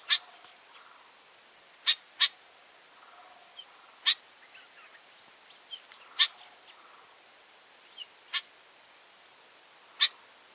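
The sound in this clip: Familiar chat repeating short, grating chack notes irregularly, roughly one every second or two, some paired, with faint softer chirps between them.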